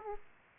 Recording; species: mosquito wingbeat signal from an infrared sensor; Aedes aegypti